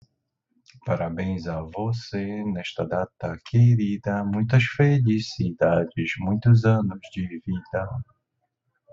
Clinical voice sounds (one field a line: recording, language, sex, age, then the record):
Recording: short text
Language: Brazilian Portuguese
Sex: male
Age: 40 to 49 years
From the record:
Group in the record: control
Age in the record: 45 years